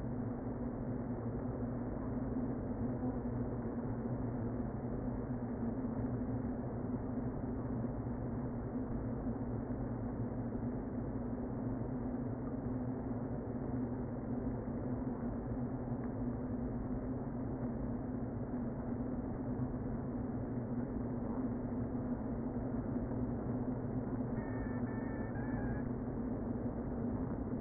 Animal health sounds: honeybee colony, microphone inside the hive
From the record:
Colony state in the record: queen present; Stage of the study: before two queens were removed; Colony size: about 60,000 bees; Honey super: yes

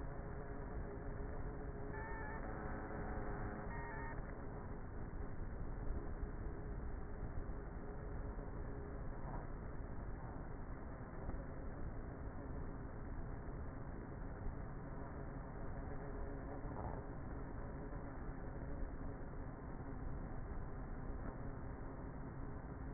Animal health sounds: honeybee colony, microphone inside the hive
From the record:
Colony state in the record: queenless with a low population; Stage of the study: before two queens were removed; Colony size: about 30,000 bees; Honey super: no

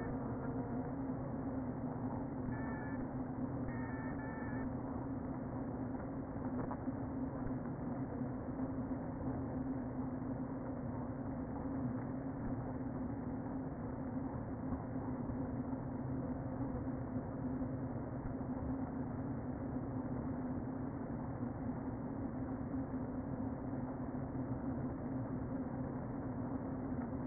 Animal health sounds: honeybee colony, microphone inside the hive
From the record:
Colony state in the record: queen present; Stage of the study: before two queens were removed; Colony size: about 60,000 bees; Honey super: yes

